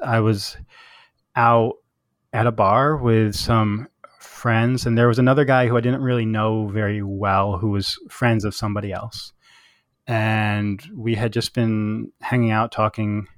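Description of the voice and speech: An adult man who stutters openly tells a story in a low, steady voice, broken by silent pauses inside phrases and stretched sounds on words like "was", "some", "and" and "been". These blocks and prolongations are typical of stuttering, a disruption in the flow of speech felt as being stuck, with a loss of control of the articulators.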